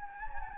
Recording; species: mosquito wingbeat signal from an infrared sensor; Anopheles gambiae